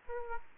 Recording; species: mosquito wingbeat signal from an infrared sensor; Aedes aegypti